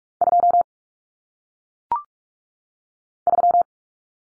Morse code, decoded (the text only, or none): 2 3